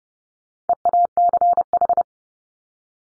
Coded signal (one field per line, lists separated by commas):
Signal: Morse code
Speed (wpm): 30 wpm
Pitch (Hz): 700 Hz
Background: none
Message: EACH